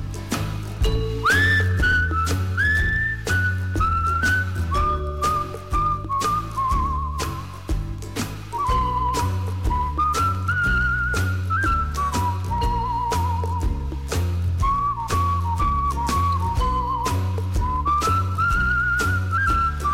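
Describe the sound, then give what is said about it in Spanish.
A bright whistled melody with gentle vibrato glides over a steady, loud music track with a thumping bass line and regular percussion, the whistling carrying the tune throughout. “Así que os dejamos con este maravilloso tema repleto de silbidos.”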